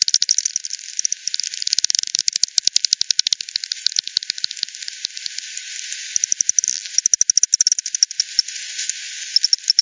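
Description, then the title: Bat echolocation calls as quick ticking trains, a loud regular run early, a lull around the middle, then renewed clicking bursts. Multiple bats at Hogsmill River, Hogsmill Lane, 7 October 2020, 18:10; frequency-divided by ten bat detector output, bandpass filtered and resampled. "WW bat 20201007 T 18 : 10 Z-Hogsmill-Lane-Hogsmill-River-multiple-bats"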